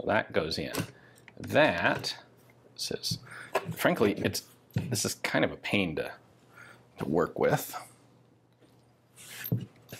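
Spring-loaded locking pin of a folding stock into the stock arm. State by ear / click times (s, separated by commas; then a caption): not seated / none. Someone talks while working the folding stock of a PAWS ZX-7 .45 ACP submachine gun, trying to get its spring-loaded locking pin to snap into the stock arm and lock it in place. Light handling clicks and rattles are heard between the speech. The attempt is fiddly, and the pin has not yet snapped home or seated by the end of the clip.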